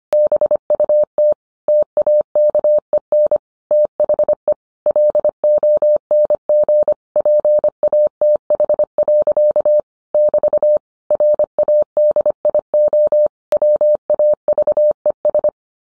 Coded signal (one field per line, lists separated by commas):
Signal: Morse code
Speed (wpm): 25 wpm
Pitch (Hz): 600 Hz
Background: none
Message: BUT TAKEN THE LONG PATH. <BT> RADIO WAVES